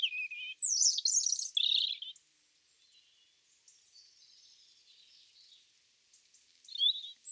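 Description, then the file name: European robin song: bright, high, varied phrases with quick sweeping notes at the start, a quiet stretch of thin, faint notes, then one more short phrase at the end. "Erithacus rubecula"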